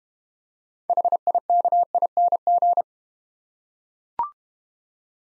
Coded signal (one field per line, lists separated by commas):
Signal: Morse code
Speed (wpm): 32 wpm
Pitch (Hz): 700 Hz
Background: none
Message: HIKING